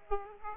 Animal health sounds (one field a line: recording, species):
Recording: mosquito wingbeat signal from an infrared sensor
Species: Aedes aegypti